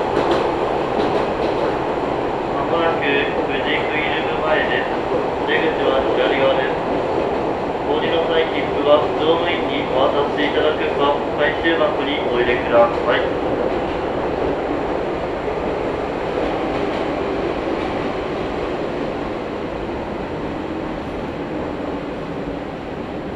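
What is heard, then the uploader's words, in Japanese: A train ride recorded from inside the car, with a steady low rumble and hum of the running train throughout. Between about three and thirteen seconds, clusters of bright chirps and chatter rise above the rumble, possibly announcements or voices, before the ride settles back to a constant drone. 伊豆箱根鉄道 大雄山線 小田原→大雄山。小田原駅の東端から出るので、ＪRの音声が混じったりする中を発車して、緑町を過ぎると東海道本線と新幹線の下をくぐって北に進路をとります。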